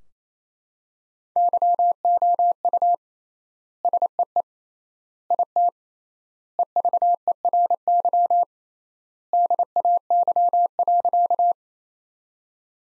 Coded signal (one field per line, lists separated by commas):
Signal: Morse code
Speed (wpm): 28 wpm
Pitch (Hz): 700 Hz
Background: none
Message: YOU SEE IT EVERY DAY.